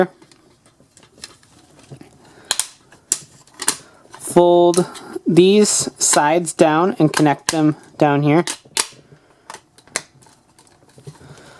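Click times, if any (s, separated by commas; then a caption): 10.0 s. The side panels of a plastic DX Suika Arms watermelon-armor toy are folded down and connected at the bottom while someone talks, with scattered sharp plastic clicks and taps during the handling. The panels seat with a sharp, loud click at 10.0 s.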